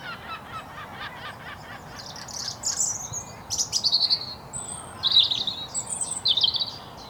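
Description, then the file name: European robin singing thin, high, varied phrases, some sliding and some trilled, separated by brief pauses, over a steady low background hiss. "Erithacus rubecula"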